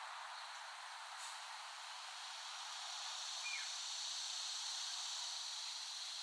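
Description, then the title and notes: Cicadas hum in a steady high buzz. Cicadas recorded by Dan Bodah in West Brighton, Staten Island, in late summer 2008. "Dronecast No. 021: The Cicadas of Summer. Recording of cicadas made by Dan Bodah in West Brighton, Staten Island, late summer 2008"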